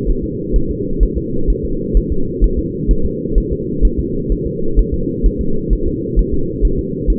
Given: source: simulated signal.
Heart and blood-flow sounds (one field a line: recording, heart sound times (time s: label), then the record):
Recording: fetal heart sounds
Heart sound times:
0.09 s: S1
0.24 s: S2
0.56 s: S1
0.71 s: S2
1.03 s: S1
1.18 s: S2
1.50 s: S1
1.65 s: S2
1.97 s: S1
2.12 s: S2
2.44 s: S1
2.59 s: S2
2.91 s: S1
3.05 s: S2
3.38 s: S1
3.52 s: S2
3.85 s: S1
3.99 s: S2
4.32 s: S1
4.47 s: S2
4.79 s: S1
4.94 s: S2
5.26 s: S1
5.41 s: S2
5.73 s: S1
5.88 s: S2
6.19 s: S1
6.34 s: S2
6.65 s: S1
6.79 s: S2
7.10 s: S1
From the record:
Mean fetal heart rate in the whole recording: 130 bpm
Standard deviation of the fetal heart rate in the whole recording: 2 bpm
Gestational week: 36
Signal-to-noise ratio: -8.1 dB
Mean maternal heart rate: 72 bpm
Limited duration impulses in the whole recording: absent